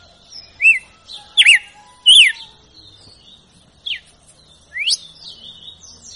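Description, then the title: Red-cowled cardinal song: a few scattered slurred whistles, a bright trio early, then two thinner notes after a pause, the last one rising, over quiet background. Female, wild bird singing. "Canto Galo Campina Fêmea. GALO DE CAMPINA CANTO ? SELVAGEM"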